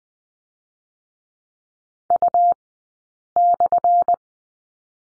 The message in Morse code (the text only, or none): U/